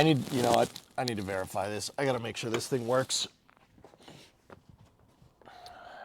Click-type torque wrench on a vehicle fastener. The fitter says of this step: It's not clicking. This is a new torque wrench. And I can feel it slip, dudes.